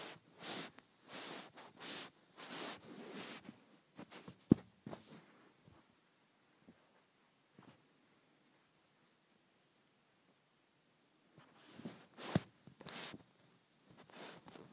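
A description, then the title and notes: A phone is rubbed against a blanket in short, hissing strokes, a quick run of them in the first four seconds with a couple of sharp clicks. Then a long near-silent stretch, before another burst of rubbing returns around twelve seconds. Rubbing my Phone on my Blanket.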